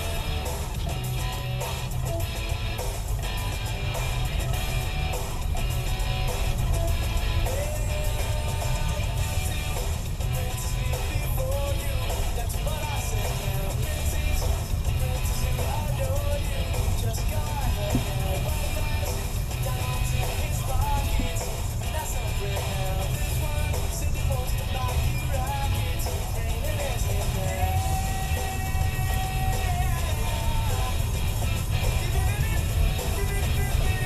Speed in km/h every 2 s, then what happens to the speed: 8, 10, 13, 13, 11, 13, 15, 16, 16, 15, 11, 13, 15, 15, 15, 16, 18.
0-34 speeds up to 18.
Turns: none.